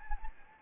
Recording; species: mosquito wingbeat signal from an infrared sensor; Anopheles gambiae